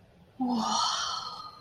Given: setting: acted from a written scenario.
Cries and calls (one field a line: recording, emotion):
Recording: vocal sound without words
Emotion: awe